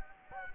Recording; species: mosquito wingbeat signal from an infrared sensor; Anopheles gambiae